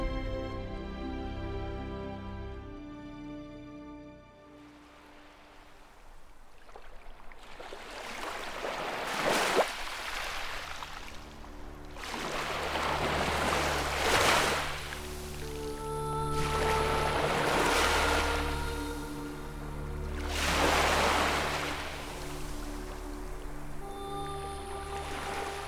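Stormy ocean sounds with waves surging and crashing at regular intervals, roughly every three to four seconds after the first few seconds. A deep, steady rumble runs underneath, and a tonal mechanical hum, like a boat engine, persists throughout.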